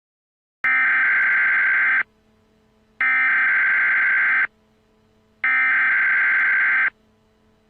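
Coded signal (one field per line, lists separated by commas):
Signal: Emergency Alert System (SAME) tones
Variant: header bursts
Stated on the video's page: Fictional mock EAS scenario with simulated alert tones.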